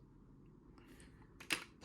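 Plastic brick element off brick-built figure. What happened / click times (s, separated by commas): A plastic piece snapped off / 1.5 s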